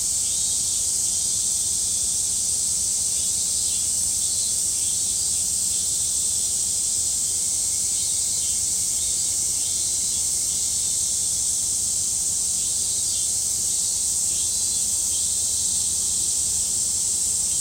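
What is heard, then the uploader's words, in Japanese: Cicadas drone in a dense, unbroken chorus, a bright high hiss that stays steady for the whole stretch with only slight pulsing. Beneath it sits a faint low rumble, and a thinner whine joins briefly around the middle. 本日も蝉さん多めです。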